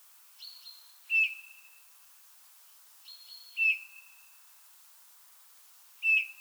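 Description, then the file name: Eurasian bullfinch giving soft, low piping whistles, each a short falling note with a level tail, about every two and a half seconds, preceded by faint higher notes. "Pyrrhula pyrrhula"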